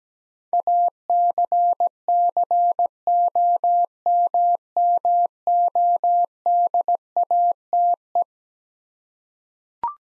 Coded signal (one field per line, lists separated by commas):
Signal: Morse code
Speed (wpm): 17 wpm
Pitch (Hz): 700 Hz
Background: none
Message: ACCOMMODATE